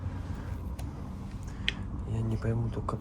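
A lamp part is being fitted into an antique lamp table, knocking twice at about 0.8 s and 1.7 s, while someone talks. The part does not lock in place and nothing has clicked or seated yet, because it needs a stand underneath.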